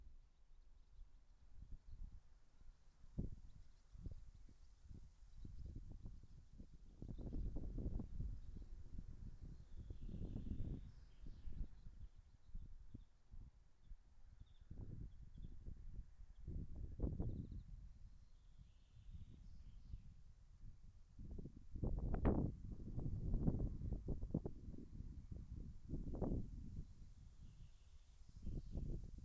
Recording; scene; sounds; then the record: everyday scene through a hearing-aid microphone; wind on the microphone; gentle breeze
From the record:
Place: in front of a rural house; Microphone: behind the ear, left, rear